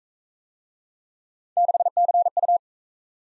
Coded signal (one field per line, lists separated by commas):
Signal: Morse code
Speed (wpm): 44 wpm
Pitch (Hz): 700 Hz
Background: none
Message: 6CU